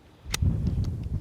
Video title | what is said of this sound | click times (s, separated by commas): Why do people carry this gun? Taurus Judge performance. | Okay, see, it pops right in. | 0.3 s